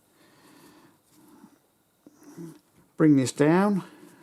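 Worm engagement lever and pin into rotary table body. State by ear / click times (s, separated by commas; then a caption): not seated / none. Someone handles the worm-disengage lever and pin on a rebuilt 6-inch Criterion cast-iron rotary table, bringing the lever back down toward the table body so the worm re-engages. Faint handling noises come first, then someone talks loudly near the end. Nothing has seated or clicked yet.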